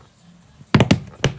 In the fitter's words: Ah si, c'est clipse.